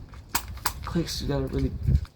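An airsoft MWS HPA magazine adapter insert is handled and pushed into the adapter body, with two brief sharp handling knocks at about 0.3 and 0.7 seconds while someone talks. The insert has not seated or clicked home yet.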